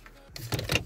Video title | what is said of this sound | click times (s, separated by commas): Démontage de l'élément de commande de climatisation . C4 picasso.1.6HDI. 2007.chaffage bysone | Cette partie du haut, c'est juste, voilà, clac. | 0.8 s